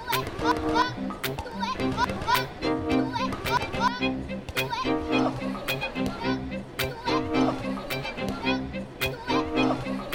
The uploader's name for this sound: Piazza scene